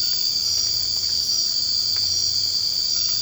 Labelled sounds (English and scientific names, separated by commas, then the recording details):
none
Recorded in secondary vegetation near Puerto Asís, Putumayo, Colombia, on 24 March 2025 at 00:00
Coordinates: 0.502, -76.326
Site G100